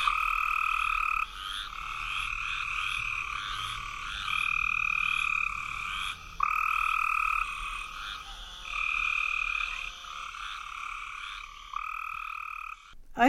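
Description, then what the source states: Cope's gray treefrogs giving fast, buzzy trills of a few seconds each, several frogs alternating almost without pause. Faster, buzzier trill than the eastern gray treefrog's; known from just a few localities, usually with eastern gray treefrogs; possibly historically a prairie savanna species.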